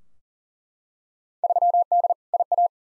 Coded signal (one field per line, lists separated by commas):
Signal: Morse code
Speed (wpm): 40 wpm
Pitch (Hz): 700 Hz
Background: none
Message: 3D IA